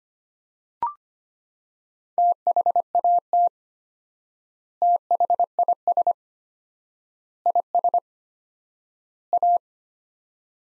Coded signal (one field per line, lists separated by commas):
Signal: Morse code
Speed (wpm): 25 wpm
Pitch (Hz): 700 Hz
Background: none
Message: THAT THIS IS A